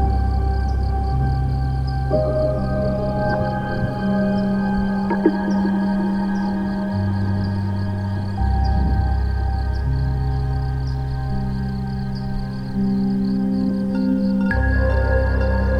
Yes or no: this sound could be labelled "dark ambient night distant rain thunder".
yes